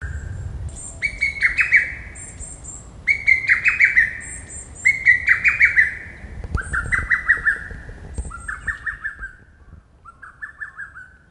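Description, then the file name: Lesser cuckoo song: rapid, staccato whistled phrases of several notes, repeated every couple of seconds, the later phrases slightly lower. "hototogisu"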